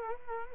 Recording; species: mosquito wingbeat signal from an infrared sensor; Culex quinquefasciatus